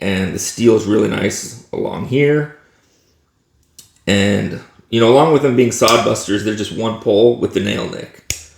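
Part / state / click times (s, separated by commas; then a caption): folding knife blade in a slipjoint handle / seated / 8.3 s. Someone talks about a sod buster slipjoint pocket knife with a single steel blade and a nail nick. The blade is opened by the nail nick and snaps into its detent on the backspring with a sharp metallic snap at 8.3 s. It seats in the open position, holding in place without being a true lock.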